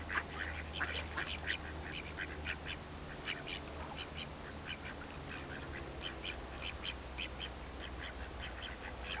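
Ducks giving a continuous stream of nasal quacks, with a low steady hum underneath.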